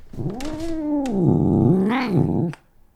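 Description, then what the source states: Cat giving a long, wavering, moaning yowl that dips and rises in pitch. Surly pet cat at a friend's home, vocalizing in back-and-forth conversation with the recordist after some creative prodding, with a microphone held a few inches away.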